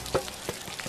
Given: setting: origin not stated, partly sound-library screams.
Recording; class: one-second piece from a danger detection set; normal situation